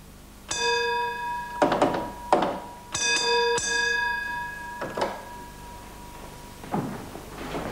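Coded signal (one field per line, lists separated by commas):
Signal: bell signal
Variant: British Rail block bell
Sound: three ringing bell strokes separated by mechanical clunks of signal box instruments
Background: mechanical clunks, small room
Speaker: may he call the attention of the signalman in the rear and give the train out of section Bell code restoring the block instrument to the normal position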